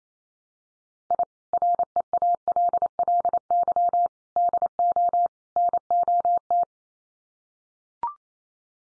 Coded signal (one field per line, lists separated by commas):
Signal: Morse code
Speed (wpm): 28 wpm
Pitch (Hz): 700 Hz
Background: none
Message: I REALLY DO NOT